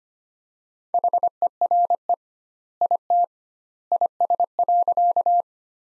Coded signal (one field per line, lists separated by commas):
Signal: Morse code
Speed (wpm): 25 wpm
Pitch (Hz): 700 Hz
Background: none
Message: HERE IT IS.